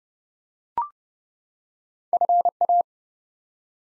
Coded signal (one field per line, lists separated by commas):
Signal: Morse code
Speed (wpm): 30 wpm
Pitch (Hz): 700 Hz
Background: none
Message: FA